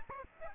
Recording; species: mosquito wingbeat signal from an infrared sensor; Aedes aegypti